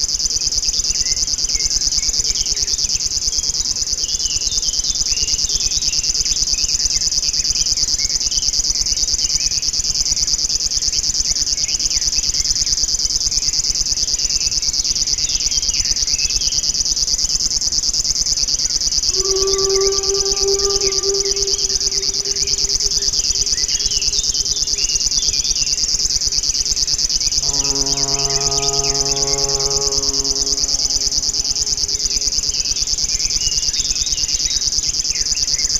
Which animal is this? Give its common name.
River Warbler